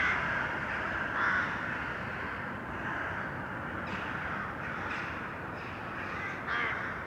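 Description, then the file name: Crow caws, hoarse and fairly faint, scattered irregularly across steady urban background noise. "Detunized - Urban Crows"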